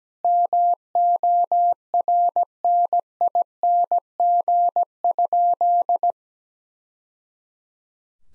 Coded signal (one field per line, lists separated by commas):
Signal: Morse code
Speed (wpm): 17 wpm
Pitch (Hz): 700 Hz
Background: none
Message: MORNING?